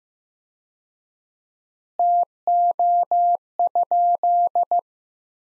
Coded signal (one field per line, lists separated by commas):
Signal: Morse code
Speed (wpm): 15 wpm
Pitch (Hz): 700 Hz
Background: none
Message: TO?